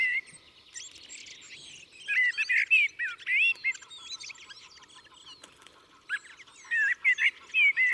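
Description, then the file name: Common blackbird warbling fluty phrases and squeaky twitters. "Turdus merula"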